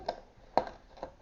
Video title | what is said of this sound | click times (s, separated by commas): #maket #kralsakir #maketev Migros tan aldığımız maket ev kurulumu yaptik #evdekal | çok fazla tam oturmuyor bunun | 0.6 s